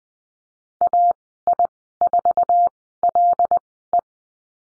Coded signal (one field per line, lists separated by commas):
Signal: Morse code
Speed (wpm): 20 wpm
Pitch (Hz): 700 Hz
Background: none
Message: AI4LE